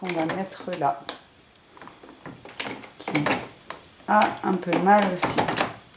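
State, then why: Not seated. The plastic milk distributor of a Philips Saeco Intelia One Touch Cappuccino automatic espresso machine is handled at the machine's front mount, giving a few short plastic knocks around 2.6 s and 3.7 s between stretches of talk. Someone talks throughout. The distributor has not seated or clicked into place yet.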